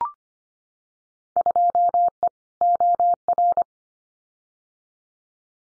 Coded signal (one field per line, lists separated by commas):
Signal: Morse code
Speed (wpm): 25 wpm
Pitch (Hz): 700 Hz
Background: none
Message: 2E OR